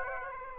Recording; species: mosquito wingbeat signal from an infrared sensor; Aedes aegypti